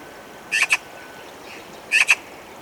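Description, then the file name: Eurasian magpie making two quick bursts of harsh, chattering double notes about a second and a half apart. "Pica pica"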